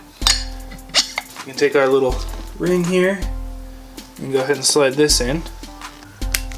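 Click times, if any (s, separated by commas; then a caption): 6.4 s. A metal snap ring is slid into the housing of a Miata steering rack during depowering, while someone talks over background music and light metallic clinks. The ring snaps into its groove and seats with a sharp metallic click at 6.4 s.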